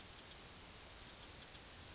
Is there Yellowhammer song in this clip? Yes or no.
no